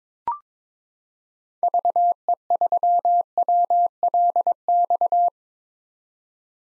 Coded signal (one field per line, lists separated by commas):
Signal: Morse code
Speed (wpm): 21 wpm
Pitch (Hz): 700 Hz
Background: none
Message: VE3WLX